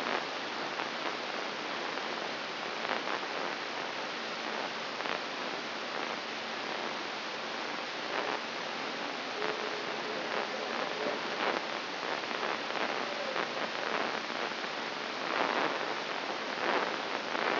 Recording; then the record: brain microelectrode recording played as sound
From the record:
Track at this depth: inside the subthalamic nucleus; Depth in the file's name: 3.144 mm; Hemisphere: right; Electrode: 3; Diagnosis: Parkinson's disease